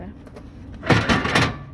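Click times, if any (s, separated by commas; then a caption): 0.9 s. Someone talks as the bottom of the metal fold-out entry step on a Flagstaff 207 SE pop-up camper is flipped into position. It locks into its bracket with a sharp clunk at 0.9 s, and the step is seated in place.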